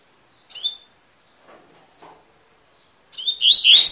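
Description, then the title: Double-collared seedeater song: a lone short high note, soft ticks, then a loud phrase of rapid slurred notes begins near the end. Tui-tui song style, described as fibra; a teaching song for young birds. "COLEIRO TUI TUI FIBRA CANTO PROFESSOR"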